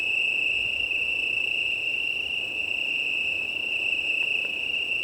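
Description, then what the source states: Italian tree crickets trill continuously as a chorus, the high tone constant; wind rustles softly and a couple of faint clicks appear near the end. Chorus of many Italian tree crickets, 18 September 2019, 20:35, early night, Plateau de Lesches en Diois, Drôme, France; windy; recorded on a Nomad six-track recorder with MKH8020 microphones.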